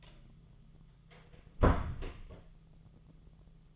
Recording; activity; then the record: daily activity, microphone in the room; close door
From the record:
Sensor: 4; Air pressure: 1005.8 hPa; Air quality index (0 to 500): 86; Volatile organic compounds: 2 ppm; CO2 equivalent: 1054 ppm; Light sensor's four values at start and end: 13/30/12/11 and 14/31/12/11